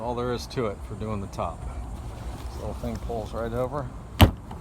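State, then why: Seated. A small convertible top fastener on a gray 2007 Pontiac Solstice is pulled over its mount while someone talks. It snaps in with a sharp, loud click at 4.2 s, seating the fastener, followed by a couple of faint ticks.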